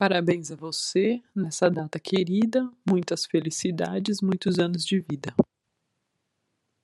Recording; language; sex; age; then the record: short text; Brazilian Portuguese; female; 30 to 39 years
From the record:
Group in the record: control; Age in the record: 38 years